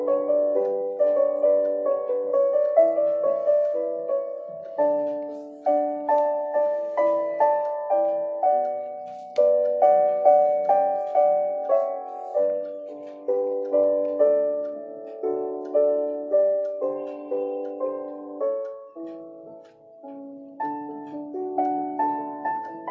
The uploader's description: pencil ASMR, ticking of the clock and some dark academia music